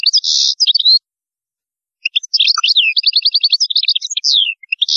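European goldfinch song: loud buzzy trills and jingling twitter, a short pause, then a long varied phrase of rapid repeated notes and slurred whistles.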